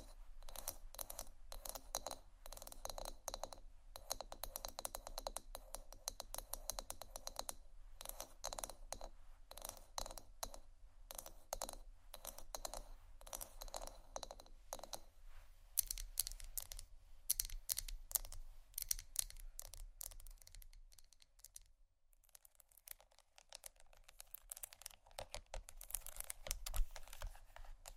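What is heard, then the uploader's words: Fast tapping and scratching comes in dense runs of sharp clicks, nearly continuous for the first fifteen seconds. After that the taps break into sparser, louder bursts with brief pauses, the quietest stretch near twenty-two seconds. A steady low hum sits underneath throughout. ASMR Fast Tapping & Scratching （No Talking）.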